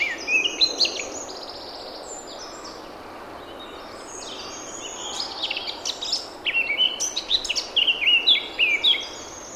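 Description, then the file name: Eurasian blackcap song: a short warbled burst at the start, a quiet pause, then a louder run of fluty whistles and twitters near the end. "Sylvia atricapilla"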